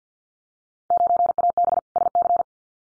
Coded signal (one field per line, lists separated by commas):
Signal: Morse code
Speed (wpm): 50 wpm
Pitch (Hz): 700 Hz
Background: none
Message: 9AB SC